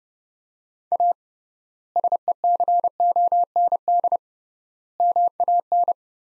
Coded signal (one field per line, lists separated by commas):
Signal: Morse code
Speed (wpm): 30 wpm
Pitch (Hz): 700 Hz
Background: none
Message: A SECOND MAN